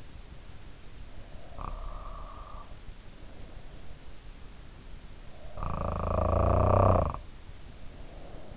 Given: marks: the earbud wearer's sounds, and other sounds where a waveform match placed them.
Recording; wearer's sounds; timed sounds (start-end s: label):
sounds in sleep by an in-ear microphone; snoring breath
1.29-2.75 s: snoring breath
5.26-8.57 s: snoring breath